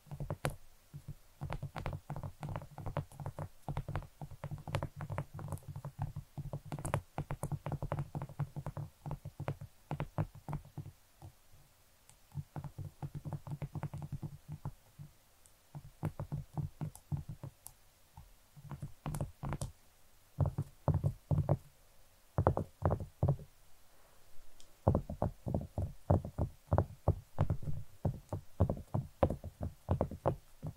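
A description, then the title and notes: Irresistible tapping: dense, quick knocking taps with a low, thumpy body, arriving in bursts with brief pauses near 11, 22 and 24 seconds. ASMR Irresistible Tapping. No Talking.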